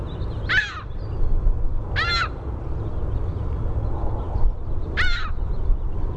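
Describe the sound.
Ring-billed gull calls: three short harsh, nasal, downslurred cries spaced a second or more apart, over a steady low rumble.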